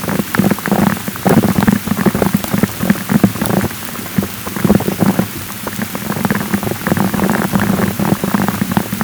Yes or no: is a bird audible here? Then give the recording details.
no. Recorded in pastures near Puerto Asís, Putumayo, Colombia, on 19 June 2025 at 14:30. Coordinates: 0.487, -76.322. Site H26